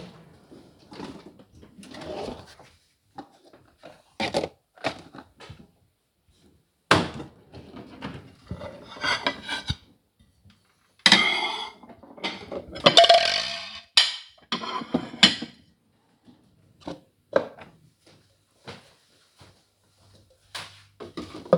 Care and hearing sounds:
household activities, microphone on the right wrist
0.00-21.58 s: putting away the dishes

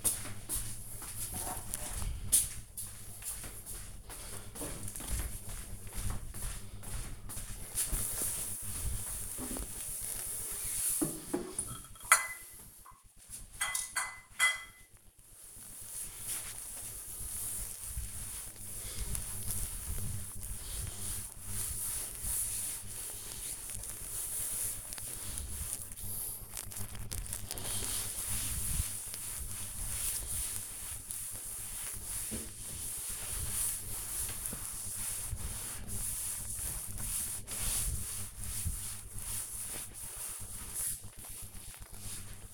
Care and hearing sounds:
household activities, microphone on the right wrist
8.13-40.37 s: cleaning table

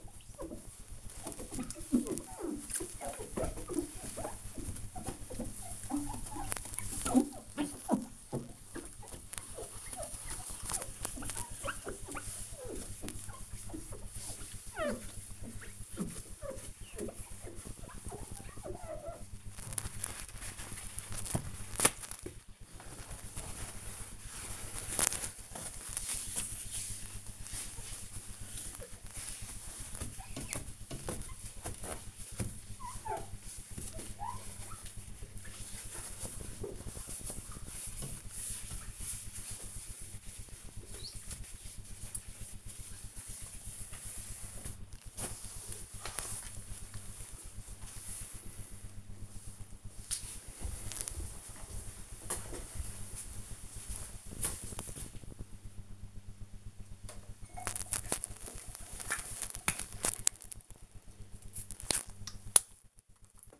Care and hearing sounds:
household activities, microphone on the right wrist
0.00-45.34 s: window cleaning
56.42-63.60 s: brushing teeth

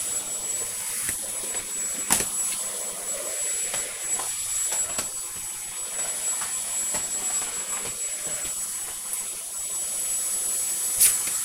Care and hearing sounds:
household activities, microphone on the right wrist
0.00-11.45 s: vacuum cleaning

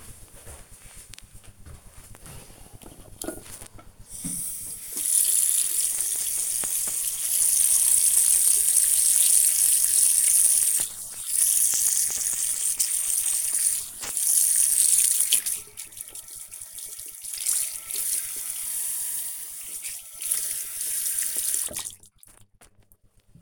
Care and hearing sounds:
household activities, microphone on the right wrist
1.65-22.84 s: washing hands

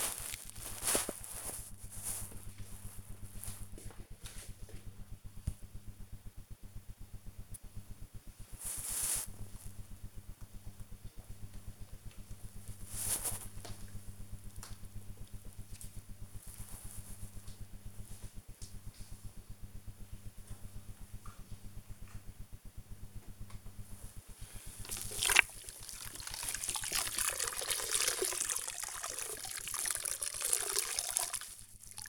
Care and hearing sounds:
household activities, microphone on the right wrist
22.73-32.08 s: floor cleaning

